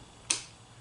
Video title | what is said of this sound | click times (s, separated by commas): Santa's Switch Adapted Toys - Tickliest Tickle me Elmo | you heard a click | 0.3 s